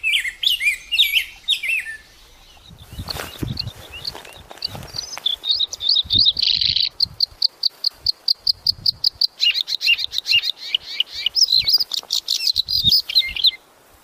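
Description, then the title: Lovebird calls: high squeaky chirps, then a long fast series of buzzy clicking notes mixed with shrill twitters, with faint low thumps underneath. Used as a lure to attract lovebirds. "PIKAT BURUNG LOVEBIRD"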